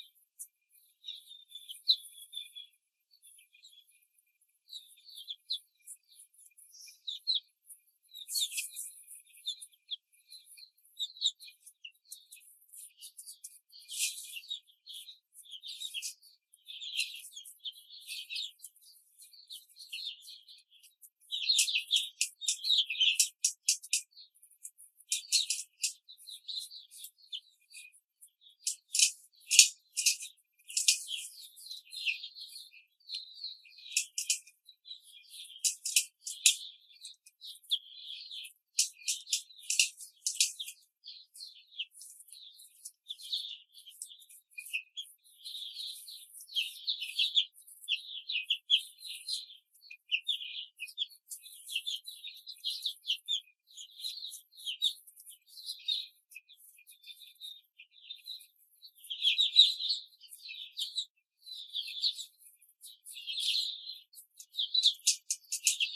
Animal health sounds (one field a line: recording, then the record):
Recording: young laying hens in a cage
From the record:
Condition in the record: control cage, before the stress test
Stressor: none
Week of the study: 4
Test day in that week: 3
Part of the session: 3